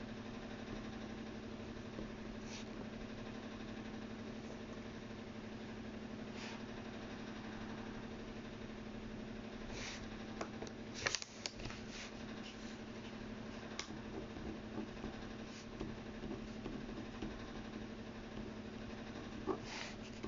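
Copying out text by hand, over a steady low droning hum like an idling motor that runs unchanged throughout. Brief scratchy taps break through every few seconds, with a denser, louder cluster around eleven seconds.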